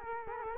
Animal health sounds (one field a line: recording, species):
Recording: mosquito wingbeat signal from an infrared sensor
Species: Culex quinquefasciatus